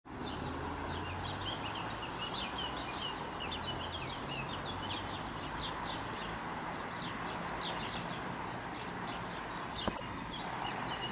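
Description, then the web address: House sparrow chatter, many quick overlapping chirps throughout with a busy, continuous feel, against a constant low background hum. Recorded at Grudnovo nabrežje, Ljubljana, on 22 July 2022. "Passer domesticus DOMAČI VRABEC 2022-07-22 LJUBLJANA Grudnovo nabrežje"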